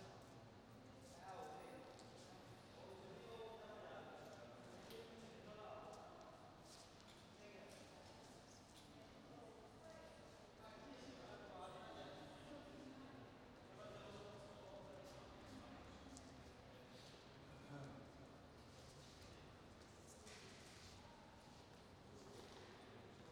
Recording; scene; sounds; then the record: everyday scene through a hearing-aid microphone; reverberant space; background noise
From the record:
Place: railway station hall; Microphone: in the ear canal, right